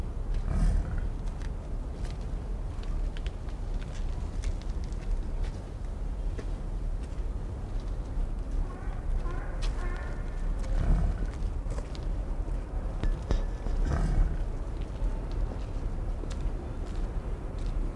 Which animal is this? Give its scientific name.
Bison bison